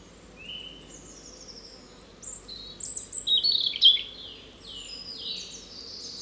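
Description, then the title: European robin singing high thin twittering notes that peak in a quick jumbled trill midway, over continuous soft background noise. Spring song in a small wood along the Rouquette stream, Saint-Jean, France; recorded with a Dodotronic Highsound parabolic dish and Zoom H4n Pro. "53 Chemin Bellevue, Saint-Jean, France - Chant printanier : Rouge Gorge"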